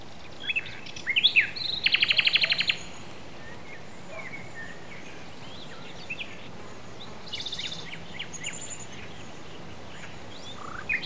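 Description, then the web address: Birds singing, including a fast buzzy trill of rapidly repeated notes early on, followed by scattered chirps and short warbles against steady ambient noise. Countryside setting. "Countryside Fd Oiso"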